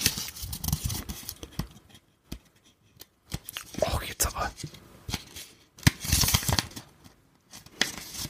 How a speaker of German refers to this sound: Ich bin zu doof, ein zweifach gefaltetes Papier aufzufalten, es tut mir sehr leid. Es wäre mega geil, wenn das jetzt so Origami wäre, total kompliziert aufzufalten. Hey, ist es nicht. Ich bin einfach nur zu doof.